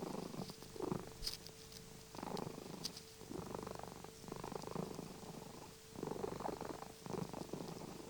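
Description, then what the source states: Cat giving a continuous rumbling purr in repeated surges; a couple of faint clicks and a steady low hum are also heard. Recorded 26 January 2021.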